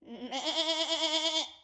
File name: Sheep